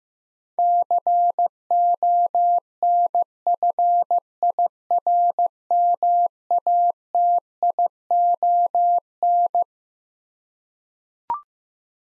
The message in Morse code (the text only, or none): CONFIRMATION